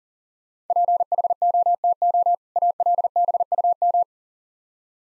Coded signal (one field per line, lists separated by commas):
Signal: Morse code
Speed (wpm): 40 wpm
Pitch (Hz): 700 Hz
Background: none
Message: PHOTO ALBUM